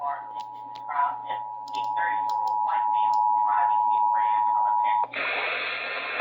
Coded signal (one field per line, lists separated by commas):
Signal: Emergency Alert System (SAME) tones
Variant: 853 and 960 Hz attention tone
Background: speech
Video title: Stanly County, NC AMBER Alert | EAS #339 (5/11/2023)